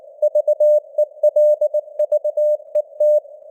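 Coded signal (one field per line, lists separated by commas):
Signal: Morse code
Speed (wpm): 19 wpm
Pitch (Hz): 600 Hz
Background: none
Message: VELVET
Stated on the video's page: News headlines in 19 wpm Morse with simulated radio noise and fading (QSB).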